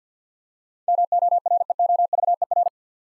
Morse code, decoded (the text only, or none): MOREOVER